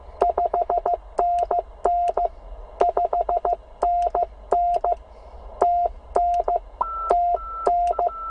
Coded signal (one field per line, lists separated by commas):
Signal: Morse code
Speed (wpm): 15 wpm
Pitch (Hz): 700 Hz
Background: none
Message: 5NN 5NN TN TN